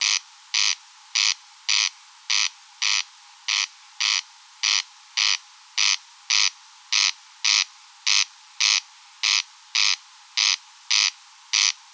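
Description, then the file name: Corn crake rasping steadily, grating, buzzy notes repeated in an even rhythm for the whole stretch. Recorded in meadows. "Engsnarre Roenbjerg Enge"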